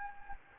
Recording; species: mosquito wingbeat signal from an infrared sensor; Anopheles gambiae